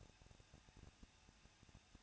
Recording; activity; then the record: daily activity, microphone in the room; no activity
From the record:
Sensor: 2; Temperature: 21.0 degrees Celsius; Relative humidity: 37.4%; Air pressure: 1006.2 hPa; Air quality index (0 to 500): 222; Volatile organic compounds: 24 ppm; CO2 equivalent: 2806 ppm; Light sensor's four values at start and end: 2/3/2/2 and 2/3/2/2